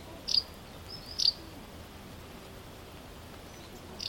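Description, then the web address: White wagtail, two quick high chirps close together, a pause, then one more at the end, over low background noise. "linnut vastarakki"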